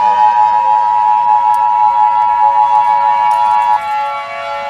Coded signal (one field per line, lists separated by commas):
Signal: Emergency Alert System (SAME) tones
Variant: 853 and 960 Hz attention tone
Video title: EAS Scenario #7 - GEOSTORM